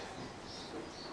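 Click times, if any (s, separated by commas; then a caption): none. A motorized meat grinder on its hinged mount is lifted up before being locked into place, with only a steady, even background noise and no distinct impacts heard. Nothing has seated or clicked yet.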